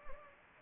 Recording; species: mosquito wingbeat signal from an infrared sensor; Anopheles gambiae